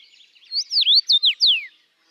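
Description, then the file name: Common rosefinch singing a brief whistled phrase of several slurred, swooping notes, the last one longer and falling. Latvia. "life dviete. carpodacus erythrinus"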